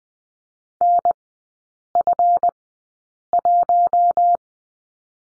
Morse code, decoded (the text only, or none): NF1